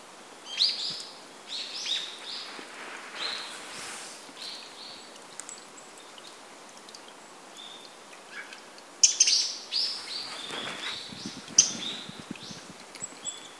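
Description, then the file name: Eurasian wren: scattered high notes and short bursts, with a livelier cluster late on. "Troglodytes troglodytes"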